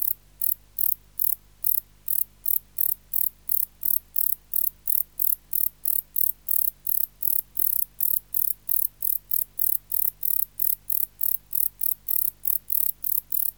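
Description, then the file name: Wart-biter bush cricket song, a long even series of dry, high-pitched clicking pulses at just under three per second, unbroken across the whole stretch. "Decticus verrucivorus"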